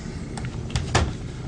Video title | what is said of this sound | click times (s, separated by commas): Rogers Rocket Hub: Easy Installation | so we just flip that over the right way again push until it clicks | 0.9 s